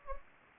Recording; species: mosquito wingbeat signal from an infrared sensor; Anopheles gambiae